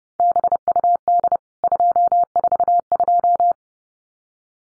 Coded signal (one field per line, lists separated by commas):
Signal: Morse code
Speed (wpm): 30 wpm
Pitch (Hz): 700 Hz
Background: none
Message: BUD 242